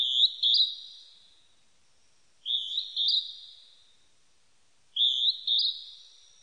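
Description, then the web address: Northern hawk-cuckoo calling a shrill two-note phrase, the second note higher, repeated about every two and a half seconds, in an otherwise quiet background. Recorded 23 May 1998. "1998 980523 jyuuiti"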